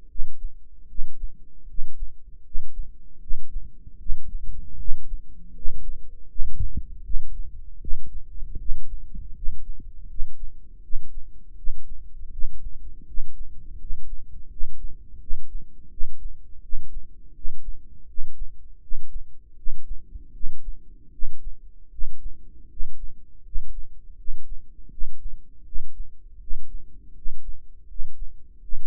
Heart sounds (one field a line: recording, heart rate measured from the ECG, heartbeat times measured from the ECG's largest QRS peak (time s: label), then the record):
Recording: heart sounds by microphone in the right ear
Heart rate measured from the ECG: 80 bpm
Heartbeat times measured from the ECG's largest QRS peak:
0.07 s: heartbeat
0.87 s: heartbeat
1.66 s: heartbeat
2.43 s: heartbeat
3.19 s: heartbeat
3.98 s: heartbeat
4.77 s: heartbeat
5.53 s: heartbeat
6.27 s: heartbeat
7.02 s: heartbeat
7.79 s: heartbeat
8.57 s: heartbeat
9.33 s: heartbeat
10.07 s: heartbeat
10.81 s: heartbeat
11.55 s: heartbeat
12.30 s: heartbeat
13.05 s: heartbeat
13.78 s: heartbeat
14.48 s: heartbeat
15.19 s: heartbeat
15.89 s: heartbeat
16.61 s: heartbeat
17.33 s: heartbeat
18.06 s: heartbeat
18.80 s: heartbeat
19.55 s: heartbeat
20.32 s: heartbeat
21.11 s: heartbeat
21.90 s: heartbeat
22.68 s: heartbeat
23.43 s: heartbeat
24.16 s: heartbeat
24.90 s: heartbeat
25.64 s: heartbeat
26.39 s: heartbeat
27.14 s: heartbeat
27.87 s: heartbeat
28.61 s: heartbeat
From the record:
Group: healthy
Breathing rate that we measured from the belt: 14 breaths a minute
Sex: male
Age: 35 years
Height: 180 cm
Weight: 86.9 kg